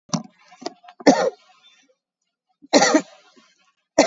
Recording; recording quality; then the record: shallow voluntary cough; excellent, no background noise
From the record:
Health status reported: COVID-19 positive, mild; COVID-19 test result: positive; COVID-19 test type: RT-PCR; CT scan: not taken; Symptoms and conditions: cough, fatigue, loss of smell and taste, hypertension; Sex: female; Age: 48 years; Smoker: no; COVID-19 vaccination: none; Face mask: worn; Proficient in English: yes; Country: India